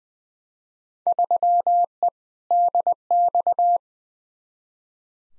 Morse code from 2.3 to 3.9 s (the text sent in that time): DX